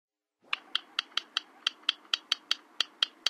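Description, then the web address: Yellow rail giving a long series of sharp, dry ticking clicks. Western USA, North America. "Songs of Birds of North America Western USA Songbirds. Yellow Rail"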